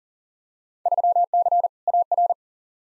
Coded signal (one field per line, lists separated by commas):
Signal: Morse code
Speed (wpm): 40 wpm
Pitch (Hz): 700 Hz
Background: none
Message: 3C AR